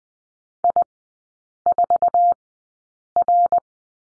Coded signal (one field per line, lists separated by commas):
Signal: Morse code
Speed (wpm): 20 wpm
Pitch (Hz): 700 Hz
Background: none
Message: I4R